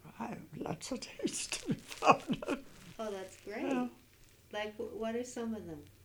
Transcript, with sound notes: I have lots of things to be proud of! ( she laughs )
Oh, that's great. Like, what are some of them?